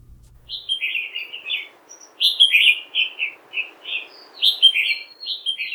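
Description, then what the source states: Red-whiskered bulbul singing, a series of bright, liquid warbled phrases in short bursts over a quiet background. Species commonly seen on Oahu, Hawaii; high-pitched warbling song.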